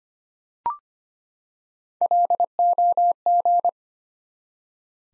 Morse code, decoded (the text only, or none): LOG